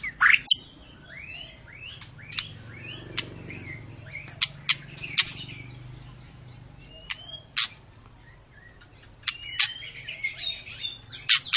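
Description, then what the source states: White-rumped shama song, sparse rising whistled notes and a few drawn-out whistles separated by sharp clicks, over a low hum at first. Long lure recording of a singing white-rumped shama, used to prompt other birds to sing; described as gacor, meaning sings constantly.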